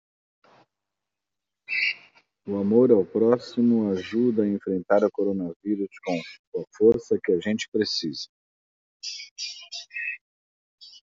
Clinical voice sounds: spoken sentence; Brazilian Portuguese; male; 50 to 59 years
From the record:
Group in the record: control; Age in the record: 50 years

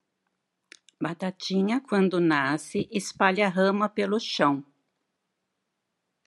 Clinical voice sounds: short text; Brazilian Portuguese; female; 60 to 69 years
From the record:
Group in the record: control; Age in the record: 62 years

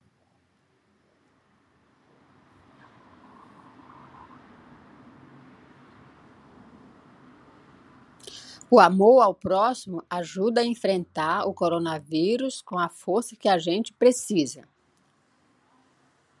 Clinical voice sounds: spoken sentence; Brazilian Portuguese; female; 60 to 69 years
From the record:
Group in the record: control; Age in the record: 69 years

